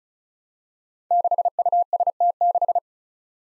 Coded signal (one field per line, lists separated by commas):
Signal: Morse code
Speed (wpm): 36 wpm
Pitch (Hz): 700 Hz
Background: none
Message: 6UST6